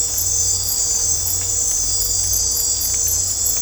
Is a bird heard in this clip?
no